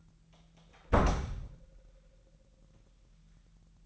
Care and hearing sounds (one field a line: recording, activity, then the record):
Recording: daily activity, microphone in the room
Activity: close door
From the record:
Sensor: 3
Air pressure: 998.3 hPa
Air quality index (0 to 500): 141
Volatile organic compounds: 4 ppm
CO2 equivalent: 1688 ppm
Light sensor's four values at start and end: 16/46/18/17 and 16/46/18/17